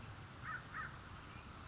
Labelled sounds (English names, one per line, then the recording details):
American Crow
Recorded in Sonoma County, California